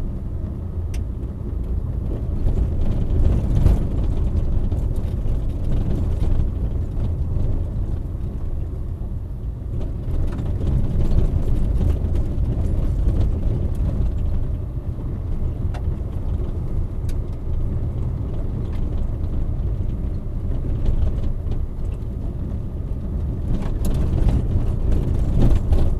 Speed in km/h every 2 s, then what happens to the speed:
27, 25, 23, 25, 26, 26, 26, 27, 28, 27, 27, 27, 28.
0-26 steady at about 27.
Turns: none.